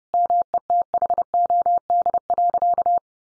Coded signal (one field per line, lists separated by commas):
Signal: Morse code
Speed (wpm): 30 wpm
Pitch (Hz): 700 Hz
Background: none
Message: METHOD.